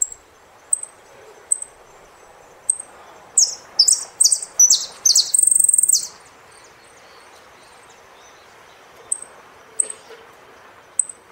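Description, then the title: Saffron finch song: sharp high chirps spaced about a second apart, then a rapid burst of descending whistled notes ending in a fast buzzy trill, followed by more lone chirps. "Jilguero Argentino"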